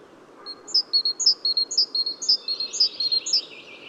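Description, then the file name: Great tit repeating a clear, high two-part phrase around twice per second, sharp upper note then lower note. "Parus major"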